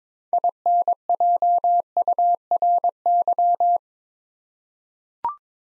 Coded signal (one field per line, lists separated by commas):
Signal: Morse code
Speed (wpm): 22 wpm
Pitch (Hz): 700 Hz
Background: none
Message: INJURY